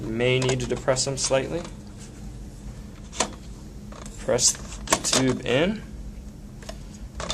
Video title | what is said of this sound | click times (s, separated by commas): How to assemble a Graco Lovin' Hug® Infant Swing | and there we go we hear the first click and then open it up | 7.2 s